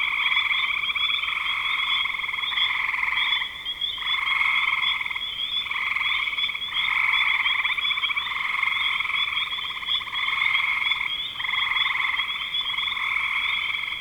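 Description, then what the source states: Frogs calling in a dense chorus, a continuous trilling drone that swells and dips. Recorded in spring 2025.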